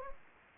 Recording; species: mosquito wingbeat signal from an infrared sensor; Anopheles gambiae